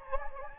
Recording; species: mosquito wingbeat signal from an infrared sensor; Anopheles gambiae